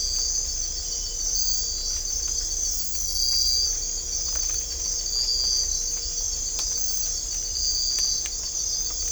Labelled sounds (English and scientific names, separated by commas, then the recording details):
none
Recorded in dense forest near Puerto Asís, Putumayo, Colombia, on 18 December 2024 at 04:00
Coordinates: 0.500, -76.322
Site G053